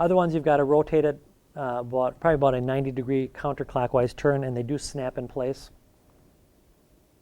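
A man talks while a plastic inner cannula is handled at a tracheostomy tube, a type that is turned about 90 degrees counterclockwise to snap into place. His speech fills most of the clip, followed by a faint brief tick near 6.1 s in quiet background. The cannula has not snapped in or seated yet.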